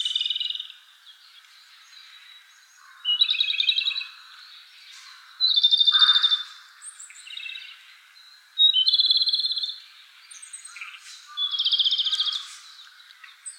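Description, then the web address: Japanese robin song: loud, rapid rattling trills about a second long, repeated roughly every three seconds, with faint high chips between. "birdenaga komadori"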